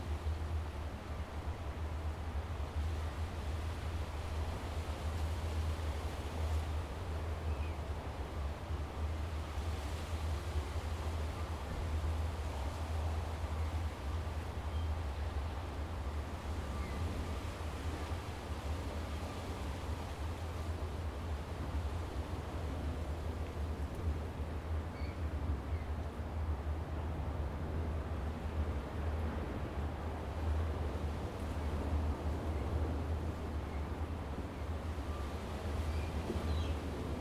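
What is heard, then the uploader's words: Outside overlooking Tamarama Beach near Bondi, a steady, dense wash of surf fills the whole recording, with a strong low rumble underneath. The level hardly changes from start to end. A few faint high chirps, perhaps birds, appear near the middle and end. Overlooking Tamarama Beach, Bondi, Sydney,. This recording comes from outside the building we stayed in overlooking the beautiful Tamarama Beach, which neighbors the well-known Bondi Beach outside of Sydney. It was a particularly windy, but beautiful day that I was able to capture without too much disturbance from the wind gusts.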